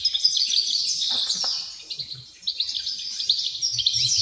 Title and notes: Nature Sounds Tasmania - Dover Wrens. The sounds of dozens of wrens in the backyard of a home in Dover, southern Tasmania